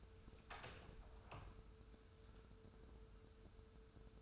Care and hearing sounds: daily activity, microphone in the room; open door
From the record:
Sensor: 2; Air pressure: 1015.0 hPa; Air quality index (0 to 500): 150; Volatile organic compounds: 6 ppm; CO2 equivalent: 1945 ppm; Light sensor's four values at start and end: 13/35/14/15 and 13/35/14/15

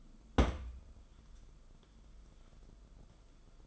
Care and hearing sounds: daily activity, microphone in the room; place on stove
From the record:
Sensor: 5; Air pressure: 994.5 hPa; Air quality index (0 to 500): 190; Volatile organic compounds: 1000 ppm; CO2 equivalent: 5600 ppm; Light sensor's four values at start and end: 44/133/52/57 and 44/133/53/57

